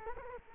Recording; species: mosquito wingbeat signal from an infrared sensor; Culex quinquefasciatus